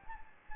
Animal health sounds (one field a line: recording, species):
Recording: mosquito wingbeat signal from an infrared sensor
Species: Anopheles gambiae